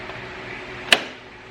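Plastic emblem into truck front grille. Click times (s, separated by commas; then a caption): 0.9 s. A plastic emblem is pushed by hand into the holes and slot on the plastic front grille of a 2021 Toyota Tundra. Against a steady low background hum, a single sharp snap rings out at 0.9 s. The emblem's nubs seat in the grille.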